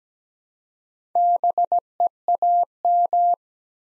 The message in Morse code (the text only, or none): BEAM